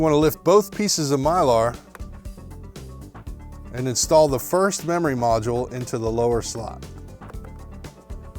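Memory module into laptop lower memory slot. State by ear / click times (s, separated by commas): not seated / none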